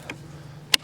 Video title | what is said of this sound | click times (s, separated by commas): Alphard Golf Club Booster V2 Electric Golf Cart Full Review | and then you pull pull this lever back and it snaps into place | 0.7 s